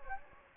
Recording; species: mosquito wingbeat signal from an infrared sensor; Anopheles gambiae